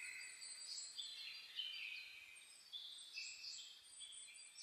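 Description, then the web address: Dawn chorus of birds: several high, sweet whistles and trills overlap continuously, with a steady background hiss. Dawn chorus (reimei) of birdsong (saezuri), recorded 10 May 2010. "reimei -saezuri-20100510-0401"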